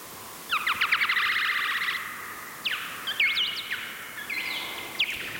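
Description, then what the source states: Common noctule mating call, slowed: a rapid rattling burst of downward-sweeping chirps, then a few separate sweeps, over low background hiss. Mating call, played slowed down ten times; bat calling in an oak in Zuidhoorn.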